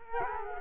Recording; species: mosquito wingbeat signal from an infrared sensor; Culex quinquefasciatus